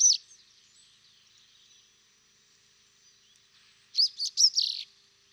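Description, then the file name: Common chaffinch calls: one sharp high note at the start, a long quiet gap, then a quick cluster of a few bright, clipped notes. "Fringilla coelebs"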